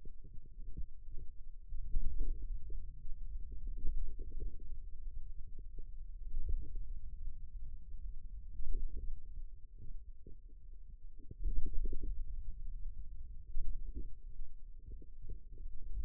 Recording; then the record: forearm muscle sounds (acoustic myography)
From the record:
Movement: pen grasping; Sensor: system 2, bracelet of six BSWA MPA416 microphones around the upper forearm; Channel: 2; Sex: male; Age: 22 years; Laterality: right